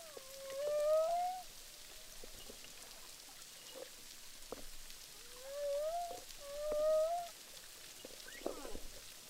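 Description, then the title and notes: Humpback whale song: three tonal moaning units sweeping upward with harmonics, one near the start and two close together after a quiet gap, with soft clicks and hiss underwater. Humpback whales recorded underwater with a hydrophone at Boucan Canot, Réunion Island, during filming. "humpback whales, boucan canot, ile de la reunion. enregistré avec un hydrophone DPA"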